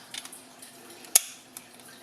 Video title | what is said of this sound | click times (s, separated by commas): Polymer80 PF940C: Magpul GL Enhanced Magazine Well | and lock into place and not get caught anywhere. | 1.2 s